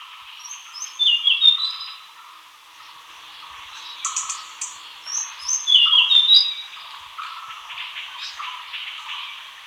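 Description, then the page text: Hainan blue flycatcher song: several clear, twisting whistled phrases among busy chirps over a steady background hum. "Hainan Blue Flycatcher Song. Quick Sounds"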